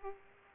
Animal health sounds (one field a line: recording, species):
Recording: mosquito wingbeat signal from an infrared sensor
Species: Aedes aegypti